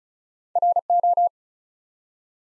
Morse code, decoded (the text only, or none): RO